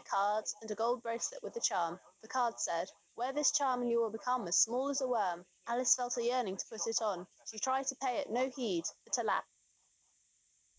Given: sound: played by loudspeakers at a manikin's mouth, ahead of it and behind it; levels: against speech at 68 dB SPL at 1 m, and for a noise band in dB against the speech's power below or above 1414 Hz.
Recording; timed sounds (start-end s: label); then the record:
test signals for a remote microphone
0.00-9.40 s: woman speaking, babble ahead at +6 dB SNR for speech at 1 m
From the record:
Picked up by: remote microphone B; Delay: 24 ms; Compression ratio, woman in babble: 1.71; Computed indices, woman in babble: HASPI 0.957, HASQI 0.352 (non-linear 0.409, linear 0.859), ESTOI 0.804